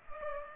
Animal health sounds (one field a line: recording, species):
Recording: mosquito wingbeat signal from an infrared sensor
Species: Culex pipiens